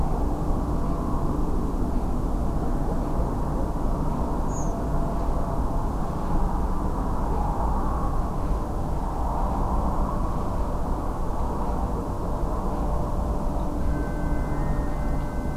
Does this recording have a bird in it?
yes